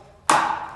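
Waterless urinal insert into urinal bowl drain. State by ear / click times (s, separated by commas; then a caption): seated / 0.3 s. A WhiffAway Falcon Sloan retro-fit adaptor, a waterless urinal insert, is placed over the center hole of the urinal bowl and pushed down into the bowl's drain. After a quiet start, a single sharp knock sounds at 0.3 s, followed by a bright ringing tail that fades through the end of the clip. The insert is seated.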